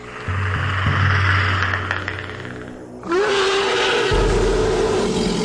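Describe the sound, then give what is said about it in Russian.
A deafening big cat roar rumbles without pause at dawn in a forest thicket, shaking leaves from the branches: a harsh, throaty blast that surges again midway with a rising growl and deep low rumble underneath. No one speaks. “К концу первого месяца, на рассвете в чаще леса, раздался такой оглушительный рев, что листья на ветках задрожали и стали опадать, а у трусишки душа ушла в пятки.”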